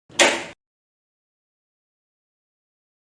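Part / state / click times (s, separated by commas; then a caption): transfer roller latch into a laser printer / seated / 0.2 s. A new transfer roller is dropped into a Xerox VersaLink B620 laser printer, and its plastic latch is pressed down until it clicks and locks into place. A single sharp click lands at 0.2 s, then silence follows. The latch is seated.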